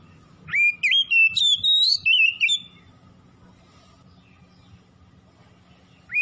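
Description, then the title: Oriental magpie-robin singing a fast run of sweet, varied whistles, then a pause with soft low rumble before the next phrase begins. Singing actively, described as 'gacor' (in full song). "Kacer Tretes"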